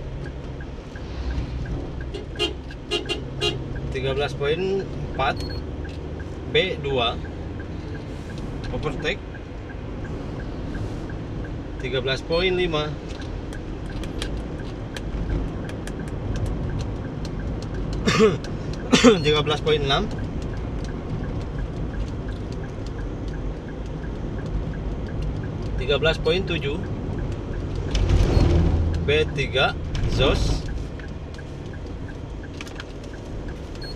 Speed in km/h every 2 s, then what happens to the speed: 51, 51, 51, 51, 51, 51, 51, 51, 50, 50, 50, 50, 50, 49, 49, 48, 48.
0-34 steady at about 50.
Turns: none.